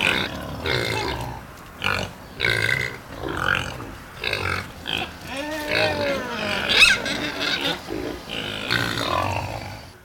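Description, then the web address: Several pigs giving repeated rough grunts every second or so, mixed with brief squeals and wavering whines toward the middle. A herd of pigs. "Tierstimmen Schwein rotte"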